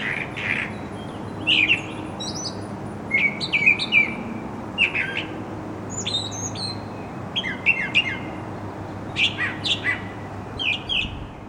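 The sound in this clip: Bird chirping: short, sharp, descending chirps in scattered bursts, some clustered in quick runs, over a steady low hum.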